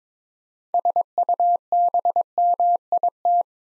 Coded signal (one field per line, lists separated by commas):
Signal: Morse code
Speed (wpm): 22 wpm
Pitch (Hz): 700 Hz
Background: none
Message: SUBMIT